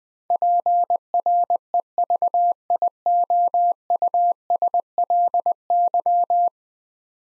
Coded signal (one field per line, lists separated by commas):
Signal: Morse code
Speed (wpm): 20 wpm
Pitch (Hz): 700 Hz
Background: none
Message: PREVIOUSLY